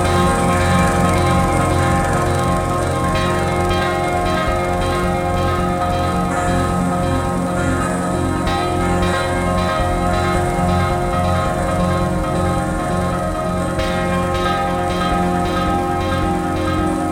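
Bells ring in a thick, sustained wash, many overlapping tones holding steady at an even loudness throughout. A soft, continuous hiss of light rain runs underneath, and a low drumming rumble pulses along at the bottom.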